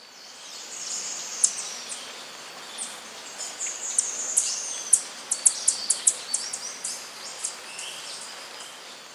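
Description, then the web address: Rufous-throated tanager making high, sharp chips and thin notes, irregular at first then quickening into a closer run of ticks. Recorded in Ecuador. "Natures Songs S America Birds of Ecuador Rufous-throated Tanager"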